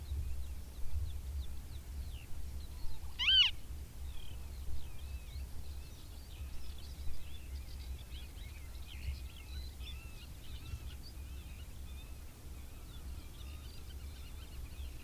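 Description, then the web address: Western marsh harrier giving one short, thin arched whistle, while small songbirds twitter softly throughout. "Madardalok - Barna rétihéja"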